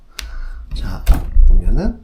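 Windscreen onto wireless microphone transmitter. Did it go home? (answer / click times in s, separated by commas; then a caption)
no / none. A fuzzy windscreen is being pushed onto a small wireless microphone transmitter (DJI Mic Mini), a fit that clips on mechanically rather than magnetically. A short sharp tick at 0.2 s is followed by handling noise while someone talks. Nothing has seated or clicked yet.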